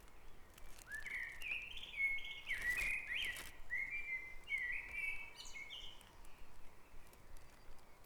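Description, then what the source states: Bird song: a run of clear whistled notes steps up and down in pitch, with a few higher chirps above and a soft background hiss. Dawn chorus at Back Dragon Avenue, Harrogate, part of a sound map of Harrogate.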